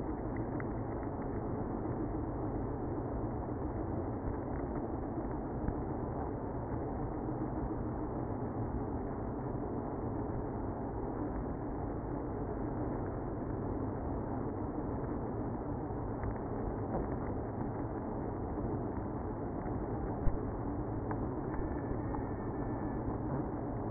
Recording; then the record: honeybee colony, microphone inside the hive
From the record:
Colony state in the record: queenless (queen removed); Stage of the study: after two queens were removed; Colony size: about 60,000 bees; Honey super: yes